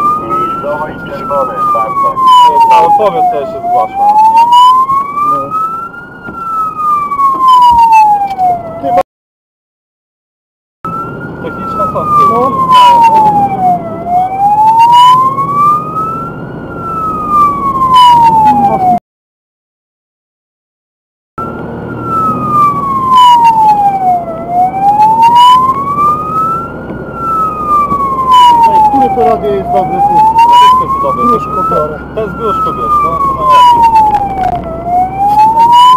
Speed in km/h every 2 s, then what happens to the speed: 49, 42, 28, 20, 24, 31, 35, 40, 47, 52, 56, 57, 59, 62, 64, 64, 62, 58.
1-7 brakes to 20. 7-28 speeds up to 64. 28-36 slows to 58.